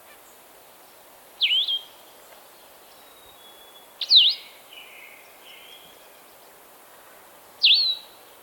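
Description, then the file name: Blue-headed vireo voicing three high, sweet slurred whistles roughly three seconds apart, each falling then rising sharply, with faint trailing notes between them. "Vireo solitarius - Blue-headed Vireo"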